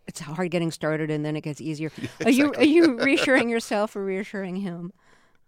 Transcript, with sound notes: It's hard getting started and then it gets easier.
Exactly (laughter).
Are you reassuring yourself or reassuring him?